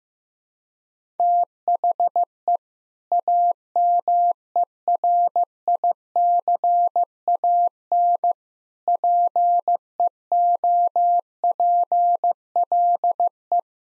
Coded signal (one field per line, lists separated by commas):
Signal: Morse code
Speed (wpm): 15 wpm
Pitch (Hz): 700 Hz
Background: none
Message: THE AMERICAN PEOPLE